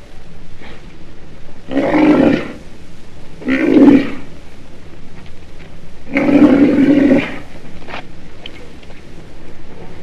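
Black rhinoceros calls: three coarse, grating growls, the last drawn out, with a few soft clicks and knocks between them.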